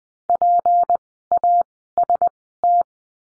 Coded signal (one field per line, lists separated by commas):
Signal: Morse code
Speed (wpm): 20 wpm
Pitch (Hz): 700 Hz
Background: none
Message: PAST